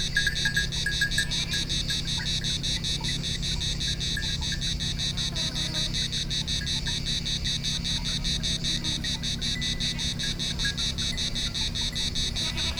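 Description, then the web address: Cicada song: a long, unbroken pulsing buzz with a fast steady rhythm, over a low background drone and a few faint tonal chirps. Two cicadas recorded on Thassos, Greece, in 2016. "hanggyujtemeny gorogtaj thassos 2016 ketkaboca kecskekrovarok kecskesut"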